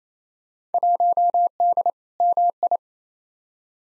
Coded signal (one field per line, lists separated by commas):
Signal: Morse code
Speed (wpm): 28 wpm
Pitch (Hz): 700 Hz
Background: none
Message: 1D MI